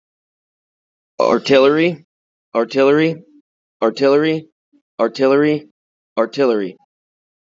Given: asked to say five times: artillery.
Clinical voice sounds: repeated word; male; 30 to 39 years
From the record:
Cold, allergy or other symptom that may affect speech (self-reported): no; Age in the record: 30 years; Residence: New York, United States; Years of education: 12

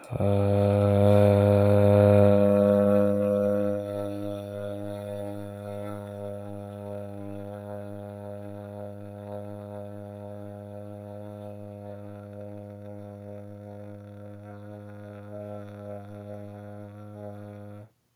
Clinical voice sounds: vowel held as long as possible; male; 20 to 29 years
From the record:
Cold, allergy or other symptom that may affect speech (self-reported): no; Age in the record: 21 years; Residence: North Carolina, United States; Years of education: 16

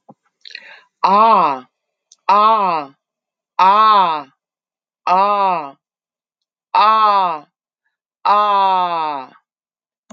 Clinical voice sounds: vowel held as long as possible; male; 40 to 49 years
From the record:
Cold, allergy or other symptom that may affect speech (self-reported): no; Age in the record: 49 years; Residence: New Jersey, United States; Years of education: 12

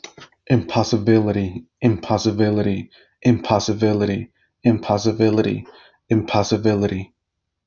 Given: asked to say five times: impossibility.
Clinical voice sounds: repeated word; male; 30 to 39 years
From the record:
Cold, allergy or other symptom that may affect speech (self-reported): no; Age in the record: 31 years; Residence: California, United States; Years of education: 17

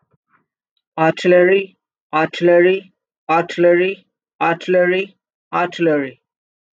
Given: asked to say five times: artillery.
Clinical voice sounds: repeated word; male; 30 to 39 years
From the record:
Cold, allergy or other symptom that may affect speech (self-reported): no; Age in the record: 34 years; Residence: New York, United States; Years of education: 16

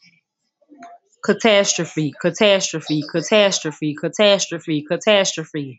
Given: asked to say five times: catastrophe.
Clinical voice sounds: repeated word; female; 30 to 39 years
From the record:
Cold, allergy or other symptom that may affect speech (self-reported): no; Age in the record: 32 years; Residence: United States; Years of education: 10

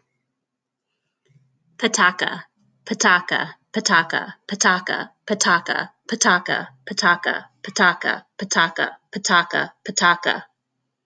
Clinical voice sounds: repeated syllables /pa ta ka/; female; 30 to 39 years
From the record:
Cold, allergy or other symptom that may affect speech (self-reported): no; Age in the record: 33 years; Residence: Virginia, United States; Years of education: 17

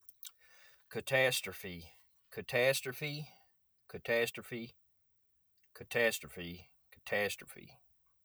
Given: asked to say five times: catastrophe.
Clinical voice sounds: repeated word; male; 40 to 49 years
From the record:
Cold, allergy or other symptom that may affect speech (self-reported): no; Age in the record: 44 years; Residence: Kentucky, United States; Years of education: 12

